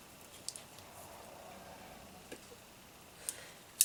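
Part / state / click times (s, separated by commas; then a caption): folding handle of a multi-tool into its detent / seated / 3.8 s. The metal handles of a Leatherman Wingman folding multi-tool are swung into position, with faint ticks around 0.5 s and 3.3 s. They snap into their detent with a sharp click at 3.8 s. The handles seat in the detent but do not lock.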